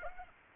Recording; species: mosquito wingbeat signal from an infrared sensor; Aedes aegypti